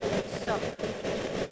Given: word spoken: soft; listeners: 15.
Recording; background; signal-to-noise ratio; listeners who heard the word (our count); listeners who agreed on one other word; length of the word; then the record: one English word in noise, from a listening test; noise modulated by three-talker babble; -7.0 dB; 4 of 15; 9 of 15; 1.11 s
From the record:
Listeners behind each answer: 9, 4, 1, 1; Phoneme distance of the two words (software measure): 17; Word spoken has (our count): 1 syllable, 4 phonemes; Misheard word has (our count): 1 syllable, 3 phonemes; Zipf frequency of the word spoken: 4.68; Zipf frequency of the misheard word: 3.77